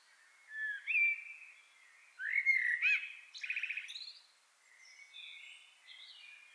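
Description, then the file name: Common blackbird song with clear fluty whistles, a loud warbled burst with a buzzy trill, then softer high trailing notes. "Turdus merula"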